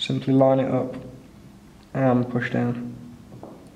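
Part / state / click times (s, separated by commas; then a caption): phone flex connector into its board socket/bracket / seated / 3.4 s. Someone talks while an antenna-side flex connector is bent around the screw and into the bracket, lined up, and pushed down onto an iPhone 4S board. A small click at 3.4 s marks the connector seating in place.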